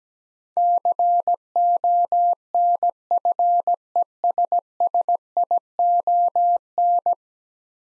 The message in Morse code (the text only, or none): CONFESSION